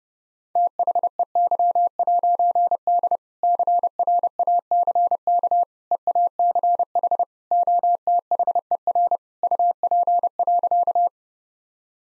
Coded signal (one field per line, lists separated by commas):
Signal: Morse code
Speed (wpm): 32 wpm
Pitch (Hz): 700 Hz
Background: none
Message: THEY'D CRACK EACH OTHER UP.